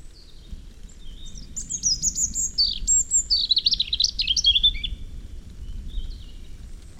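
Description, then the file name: European robin song, a long tumbling phrase of very high, thin whistles and fast trills, wavering up and down, over a steady low rumbling background. "Erithacus rubecula"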